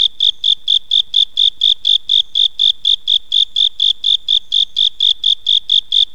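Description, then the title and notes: Japanese burrowing cricket song: bright, high-pitched pulsed chirps in an unbroken, regular series, against near silence. Sound recordist unknown. "Velarifictorus micado"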